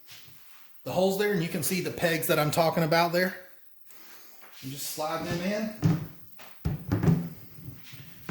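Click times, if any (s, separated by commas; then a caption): none. Someone talks while the removable lid of an ICECO TR45 portable refrigerator/freezer is refitted on the other side, with its small pegs slid into the hinge holes on the fridge body. A few short handling knocks are heard around 3.9, 6.7, 6.9 and 8.3 seconds. The lid has not yet snapped in place; this is only the lining up and sliding in.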